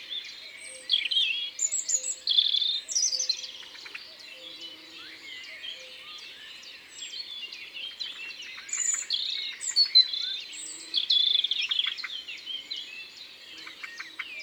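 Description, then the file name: European robin song, short bright phrases of thin whistles and ticks separated by brief pauses, recurring several times, with quiet lower tones beneath. Recorded in Isère, France. "Rougegorge-familier-Concerts-naturels-de-l Isere-Studio-Les-Trois-Becs"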